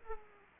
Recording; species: mosquito wingbeat signal from an infrared sensor; Aedes aegypti